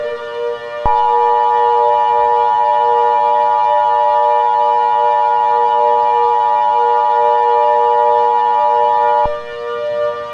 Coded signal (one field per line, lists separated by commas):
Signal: Emergency Alert System (SAME) tones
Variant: 853 and 960 Hz attention tone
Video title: EAS Scenario: Mobius City Metal Virus Part 2